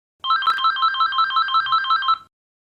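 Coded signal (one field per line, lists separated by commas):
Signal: none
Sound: a phone's ringtone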